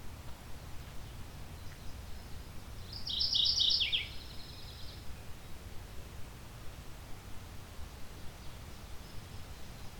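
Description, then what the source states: Mourning Warbler song, one brief run of rapid notes falling at the end, over low steady background noise. Wild bird heard in the field; name refers to its descending, mournful tones; described as friendly, not skittish, tolerating people close by.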